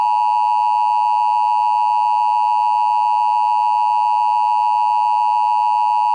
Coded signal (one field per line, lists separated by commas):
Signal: Emergency Alert System (SAME) tones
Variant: 853 and 960 Hz attention tone